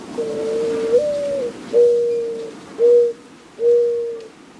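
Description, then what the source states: Mourning Dove cooing song: a soft, low coo that steps up, then three steady coos, over light background hiss. Soothing cooing song.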